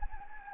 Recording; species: mosquito wingbeat signal from an infrared sensor; Anopheles gambiae